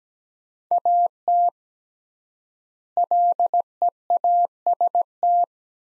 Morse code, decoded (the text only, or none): AT LEAST